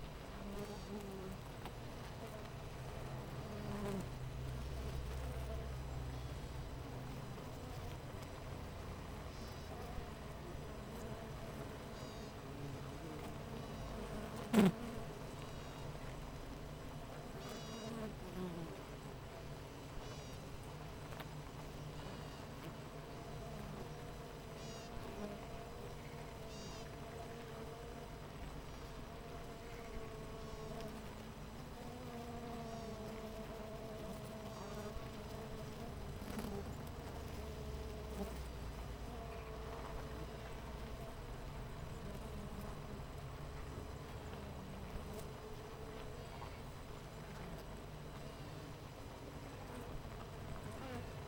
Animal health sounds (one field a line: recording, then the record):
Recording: honeybee colony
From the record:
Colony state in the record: missing queen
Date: 14 July 2017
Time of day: 8:40